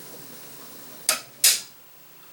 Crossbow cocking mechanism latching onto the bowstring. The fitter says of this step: there heard that click